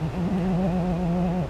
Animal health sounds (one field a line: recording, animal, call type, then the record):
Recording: contact call of a hoofed animal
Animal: goat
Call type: low-frequency (closed-mouth) or high-frequency (open-mouth) call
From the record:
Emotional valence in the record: negative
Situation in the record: short social isolation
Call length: 1.50 s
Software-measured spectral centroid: 1370 Hz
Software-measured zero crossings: 630 a second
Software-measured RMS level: -24 dBFS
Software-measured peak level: -15 dBFS